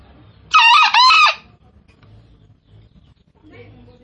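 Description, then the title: Green junglefowl giving one short, rasping crow split into two quick parts, followed by near silence and a faint call. Call used as a lure to attract junglefowl. "Panggilan Ayam Hutan. Suara Ayam Hutan Hijau Green Jungle Fowl"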